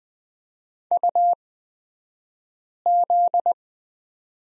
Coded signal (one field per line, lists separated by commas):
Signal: Morse code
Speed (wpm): 20 wpm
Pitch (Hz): 700 Hz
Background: none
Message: UZ